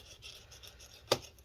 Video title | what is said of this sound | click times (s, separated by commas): DELL G7 15 7590 Disassembly RAM SSD Hard Drive Upgrade Battery Replacement Thermal Paste Application | no exact specific order you need to undo these just undo them you'll hear it click | 1.1 s